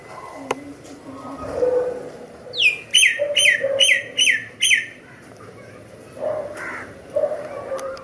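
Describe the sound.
Myna calls: a quick run of about six downward-sweeping notes, repeated roughly twice a second, with softer low whistles before and after.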